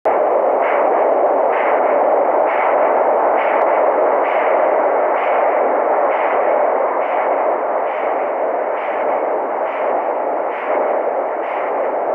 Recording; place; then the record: Doppler ultrasound of blood flow; carotid artery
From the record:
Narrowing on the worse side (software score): occlusion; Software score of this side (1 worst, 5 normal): 1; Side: right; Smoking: current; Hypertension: yes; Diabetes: type 2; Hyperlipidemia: yes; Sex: male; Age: 21 years